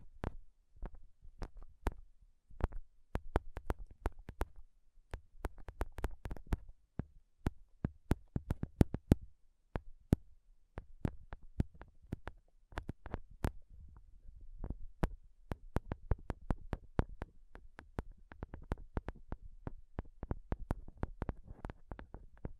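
Fingernails tap hard and fast on a microphone, each tap a sharp click with a thudding low knock beneath it. The tapping runs in quick, uneven bursts throughout, with brief pauses around five, nine and fifteen seconds, over a faint low rumble.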